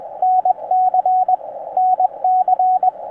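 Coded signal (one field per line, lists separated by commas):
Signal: Morse code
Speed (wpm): 22 wpm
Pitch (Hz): 750 Hz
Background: radio noise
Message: NC NC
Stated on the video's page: CW Parks on the Air activation on 20m using a Xiegu G90, a 17-foot vertical whip, a solid state dual paddle and a memory keyer, with hunters calling.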